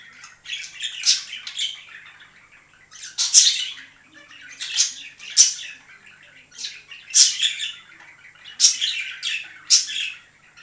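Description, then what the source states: Budgerigar song in repeated bursts of rapid, scratchy chirping and shrill squeaks, with short pauses between. Singing of budgerigars, more than one bird.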